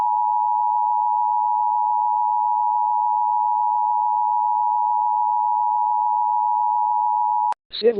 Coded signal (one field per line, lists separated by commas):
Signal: Emergency Alert System (SAME) tones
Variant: 853 and 960 Hz attention tone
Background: speech